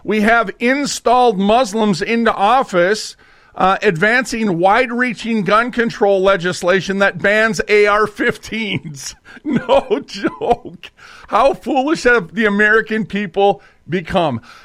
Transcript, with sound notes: We have installed Muslims into office, uh, advancing wide-reaching gun control legislation that bans AR-15s. (laughs) No joke. How foolish have the American people become?